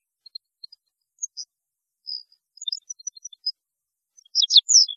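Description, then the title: European goldfinch song, sparse high tinkling notes and a short buzz, ending in a louder burst of fast twittering. "Chant Chardonneret"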